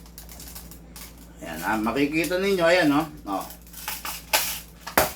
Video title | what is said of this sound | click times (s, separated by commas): Daily Review and Unbox 6-11-24 SRC sr4 Falcon Micro CQB | Oh, sorry. Hindi nag-lock. | none